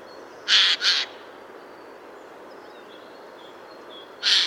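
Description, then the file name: Eurasian jay giving harsh, raspy screeches: a quick pair of calls, then a single screech about three seconds later, over a faint steady hiss. "Garrulus glandarius"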